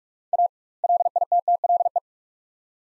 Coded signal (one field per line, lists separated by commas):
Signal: Morse code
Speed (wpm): 46 wpm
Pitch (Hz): 700 Hz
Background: none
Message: A LITTLE